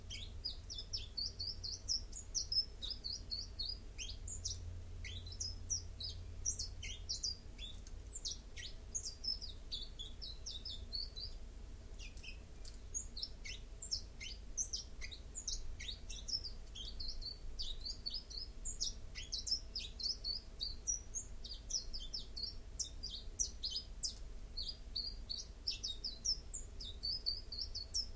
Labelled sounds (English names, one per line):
Common Chiffchaff song